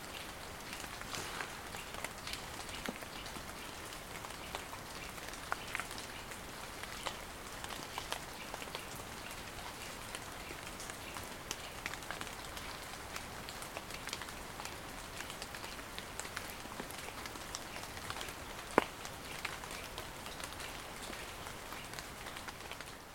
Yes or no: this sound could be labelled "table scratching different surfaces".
no